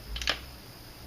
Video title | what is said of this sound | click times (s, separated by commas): S3 Archery - Product Review: Bob Lee Stabi-Lock Limb System | so it goes click and that's because of those two ball bearings that are on the stabilic system | 0.2 s, 0.3 s